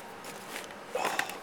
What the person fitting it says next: Oh, gotta hear that click, right? Oh, I think we got it.